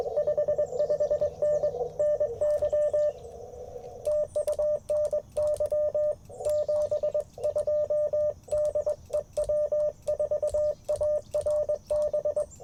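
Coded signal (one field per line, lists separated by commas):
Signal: Morse code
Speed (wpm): 21 wpm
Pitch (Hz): 600 Hz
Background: radio noise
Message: 55N NY TU NY 72 DE W4ARB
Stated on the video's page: Sunrise Parks on the Air CW activation at a national forest, using an Icom IC-705 with a Modern Morse Nameless key and a coil-loaded whip antenna.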